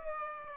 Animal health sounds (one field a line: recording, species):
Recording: mosquito wingbeat signal from an infrared sensor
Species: Aedes aegypti